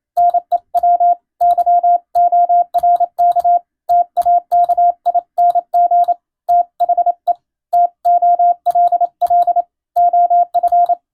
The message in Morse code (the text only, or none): NEW YORK TAKING THE TOLL OF